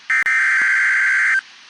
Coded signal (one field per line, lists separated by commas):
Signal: Emergency Alert System (SAME) tones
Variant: header bursts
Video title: Severe Thunderstorm Warning Minnesota Noaa Weather Radio Station WWG98 Park Rapids, MN 7/6/26